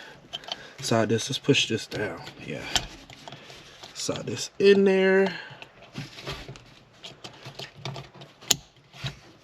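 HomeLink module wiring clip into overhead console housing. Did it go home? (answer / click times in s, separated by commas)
yes / 8.5 s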